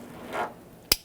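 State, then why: Seated. A plastic wiring harness electrical connector is lined up on the back of a new alternator on a 1994-2004 Ford Mustang 3.8L and pushed down into its socket. A soft, broad rushing swell builds and fades around 0.3 to 0.5 s, then a single sharp, bright click sounds at 0.9 s. The connector snaps and latches into place, seated.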